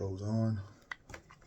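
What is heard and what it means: Someone talks while an unidentified part is put onto a piece of cleaning equipment, followed by short, sharp handling taps at about 0.9 s and 1.1 s. The part has not yet slid back and locked into place; nothing has seated or clicked yet.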